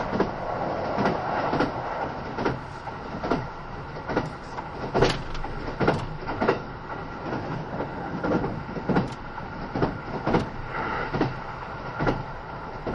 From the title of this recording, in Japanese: 近鉄80000系 (10番台日立製)ひのとり3113レ 01/01:近鉄名古屋～五十鈴川